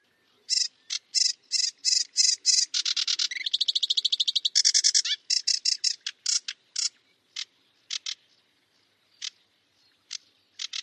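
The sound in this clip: Bird utters fast, high chattering bursts and a buzzy trill, followed by scattered short sharp notes, nothing else heard.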